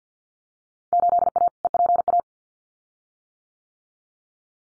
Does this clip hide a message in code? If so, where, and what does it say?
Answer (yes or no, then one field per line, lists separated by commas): yes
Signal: Morse code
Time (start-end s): 0.9-2.2 s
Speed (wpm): 50 wpm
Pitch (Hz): 700 Hz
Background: none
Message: 8A EPA